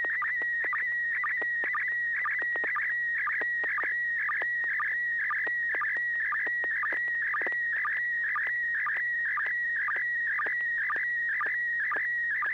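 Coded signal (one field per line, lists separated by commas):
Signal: SSTV (slow-scan television)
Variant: PD120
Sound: warbling tone near 2 kHz, short low sync blips about twice a second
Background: low hum, radio hiss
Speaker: two bpd-120 so so all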